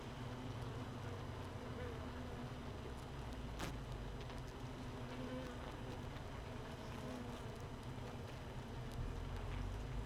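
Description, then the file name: Honey bees humming in their hive, a constant low buzz with faint tonal layers and a sharp tap about a third of the way through. Honey bee hive without a queen, hive 1, 31 May 2018. "Hive 1 31 05 2018 NO Queen Bee"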